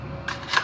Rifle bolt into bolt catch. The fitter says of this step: it back as far as you can, and you'll hear it lock.